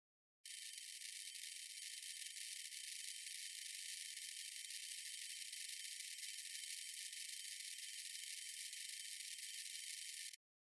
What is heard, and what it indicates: Atonal Tinnitus NOISE Electric shock.